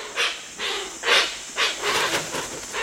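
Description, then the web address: Hoatzin giving several rasping, hiss-like bursts in quick succession, coarse and breathy. "Birdnote. Hoatzin"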